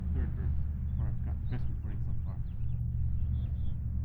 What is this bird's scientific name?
Haemorhous mexicanus